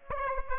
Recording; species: mosquito wingbeat signal from an infrared sensor; Aedes aegypti